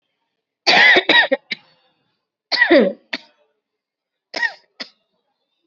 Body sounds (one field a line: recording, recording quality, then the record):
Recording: heavy voluntary cough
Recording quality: excellent, no background noise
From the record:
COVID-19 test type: RT-PCR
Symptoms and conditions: cough, sore throat, another condition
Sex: female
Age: 22 years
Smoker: no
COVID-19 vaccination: both doses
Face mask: worn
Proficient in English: yes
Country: India